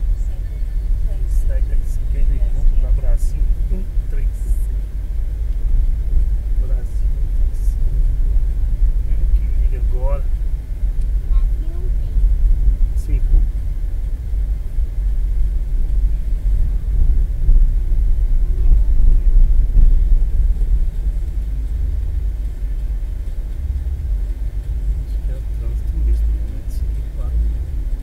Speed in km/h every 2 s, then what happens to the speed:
19, 20, 21, 22, 23, 23, 22, 22, 22, 24, 25, 26, 27, 29.
0-28 speeds up to 29.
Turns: none.